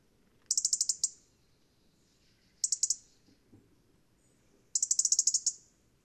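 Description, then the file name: European robin call: three bursts of rapid, sharp, high ticking notes, each burst under a second long and spaced about two seconds apart, over a quiet background. "Erithacus rubecula"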